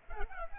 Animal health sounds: mosquito wingbeat signal from an infrared sensor; Culex pipiens

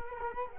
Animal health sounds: mosquito wingbeat signal from an infrared sensor; Culex quinquefasciatus

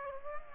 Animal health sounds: mosquito wingbeat signal from an infrared sensor; Aedes aegypti

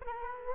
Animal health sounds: mosquito wingbeat signal from an infrared sensor; Culex quinquefasciatus

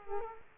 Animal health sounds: mosquito wingbeat signal from an infrared sensor; Culex quinquefasciatus

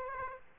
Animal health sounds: mosquito wingbeat signal from an infrared sensor; Aedes aegypti

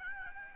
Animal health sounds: mosquito wingbeat signal from an infrared sensor; Aedes albopictus

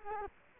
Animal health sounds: mosquito wingbeat signal from an infrared sensor; Culex quinquefasciatus

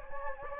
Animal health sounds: mosquito wingbeat signal from an infrared sensor; Anopheles gambiae

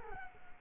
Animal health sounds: mosquito wingbeat signal from an infrared sensor; Culex quinquefasciatus

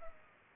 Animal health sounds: mosquito wingbeat signal from an infrared sensor; Culex pipiens

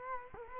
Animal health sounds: mosquito wingbeat signal from an infrared sensor; Culex quinquefasciatus

